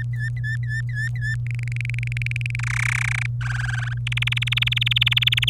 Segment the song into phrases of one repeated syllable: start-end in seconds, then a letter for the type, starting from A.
0.00-1.36 A, 1.46-2.56 B, 2.59-3.26 C, 3.41-3.94 D, 4.07-5.50 E